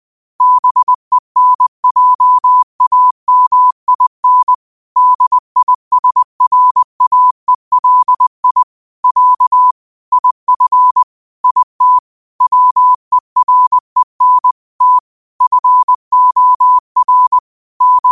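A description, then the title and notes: Morse code sent at a steady 20 words per minute: a single clean tone around 1 kHz keyed into short dots and longer dashes, grouped into letters and words by brief silences. The sending is regular throughout, with nothing else in the background. Morse Code at 20 words per minute.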